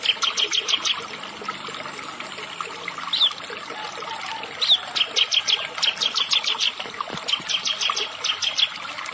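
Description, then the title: Prinia singing rapid series of bright, clipped high notes, with two chirps in the middle and steady trains continuing to the end. "Ciblek Sawah"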